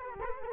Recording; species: mosquito wingbeat signal from an infrared sensor; Culex quinquefasciatus